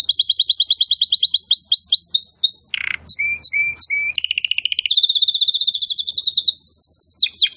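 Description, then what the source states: Domestic canary singing loud rapid rolling trills, a few lower piped notes near the middle, then a long fast high trill. Belgian canary singing; labelled 'Campainha'.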